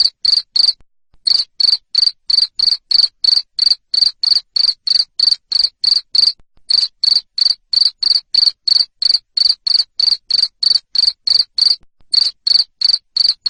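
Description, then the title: Cricket calling with loud, high trilled chirps repeated rapidly and evenly, around three per second, with occasional short gaps. Loud cricket chirping used to stimulate lovebirds to keep singing. "Suara JANGKRIK NGERIK Keras Bikin LOVEBIRD Jadi NGEKEK Terus Vubey"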